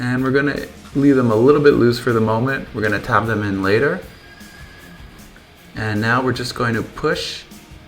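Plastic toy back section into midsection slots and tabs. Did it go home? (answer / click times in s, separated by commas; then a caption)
no / none. Someone talks while handling the back section and midsection of a plastic transforming toy vehicle, about to push their slots and tabs together. The speech pauses in a quiet stretch with a faint short sound near 5.4 s before the talking resumes. Nothing has seated or clicked yet.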